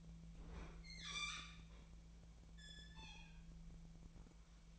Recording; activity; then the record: daily activity, microphone in the room; open fridge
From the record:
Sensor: 1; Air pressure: 1009.7 hPa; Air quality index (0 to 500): 191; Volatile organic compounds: 18 ppm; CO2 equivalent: 2617 ppm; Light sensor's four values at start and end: 33/83/35/42 and 32/83/35/42